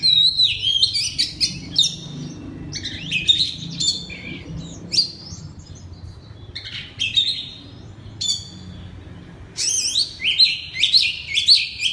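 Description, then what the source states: Oriental magpie-robin in full voice: varied loud whistled phrases, with a quieter stretch before loud phrases resume near the end. Loud song in the ngeplong style.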